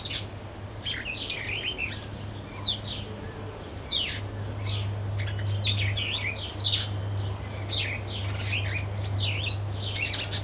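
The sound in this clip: Superb starling chatter, quick high squeaks and descending whistles in irregular bursts over a loud low-pitched hum.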